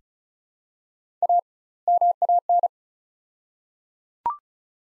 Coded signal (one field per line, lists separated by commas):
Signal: Morse code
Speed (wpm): 34 wpm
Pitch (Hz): 700 Hz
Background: none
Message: A MAN